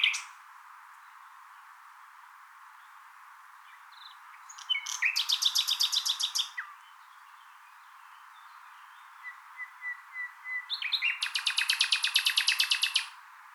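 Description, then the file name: Common nightingale delivering a fast rattling trill, a quiet gap with a few piping notes, then a long rapid trill of repeated clicks. "Luscinia megarhynchos"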